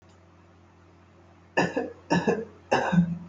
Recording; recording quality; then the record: shallow voluntary cough; excellent, no background noise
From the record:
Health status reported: healthy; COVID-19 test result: not tested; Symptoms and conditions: none ticked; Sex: male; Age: 20 years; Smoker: not ticked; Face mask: worn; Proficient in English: yes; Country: India